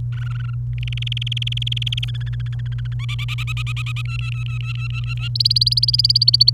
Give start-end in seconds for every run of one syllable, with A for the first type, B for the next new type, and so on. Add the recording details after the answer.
0.12-0.54 A, 0.78-2.05 B, 2.07-2.94 C, 2.99-4.02 D, 4.05-5.28 E, 5.35-6.50 F. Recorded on 28 April 2018 at 09:43. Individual llb3